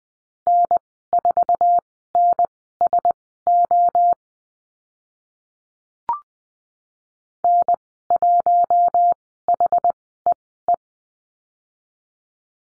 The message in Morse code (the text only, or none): N4NSO N1HEE